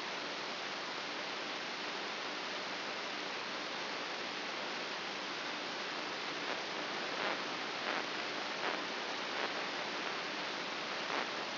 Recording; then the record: brain microelectrode recording played as sound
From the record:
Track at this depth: inside the subthalamic nucleus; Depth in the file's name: 4.44 mm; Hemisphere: right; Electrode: 2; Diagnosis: Parkinson's disease